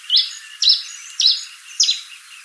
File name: coryphospingus pileatus